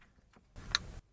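On a Jaguar X-Type front suspension, likely the ABS or wear-sensor plug, an electrical connector is pushed by hand onto its mating plug on the front strut or hub. A broad rushing noise from about 0.6 to 1.0 s carries a single sharp click at 0.8 s, and the connector is seated.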